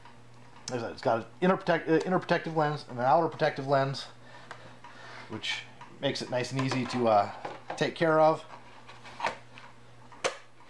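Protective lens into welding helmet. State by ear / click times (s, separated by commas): seated / 10.2 s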